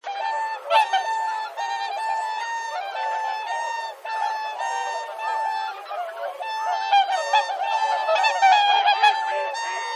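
Whooper swan calls, loud and harmonic-rich bugling notes repeated rapidly by several birds at once, forming a dense, unbroken chorus.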